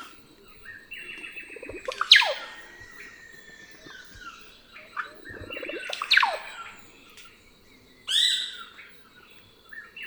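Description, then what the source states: Russet-backed oropendola song: loud gurgling, downward-sweeping phrases, a few times, some preceded by a low rattling build-up, with quieter bubbling notes between. Several calling, soundscape.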